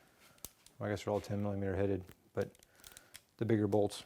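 A click-type torque wrench tightens the rear two oil pan bolts to 89 inch-pounds, with a sharp click at 0.5 s as it reaches torque. Someone talks through most of the clip, and a few faint ticks follow near 2.9 and 3.2 s.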